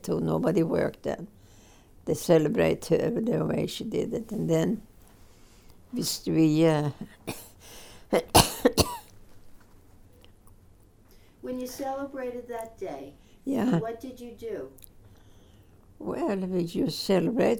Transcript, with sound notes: Nobody worked then. They celebrate the way that she did it. And then we ah, (coughs)
When you celebrated that day, what did you do?
Well, we just celebrate.